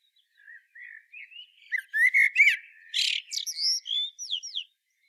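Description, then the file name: Common blackbird song: soft, low fluted warbling notes that build into a louder burst of high, squeaky twittering and thin whistled slurs, with no other sounds. "Turdus merula"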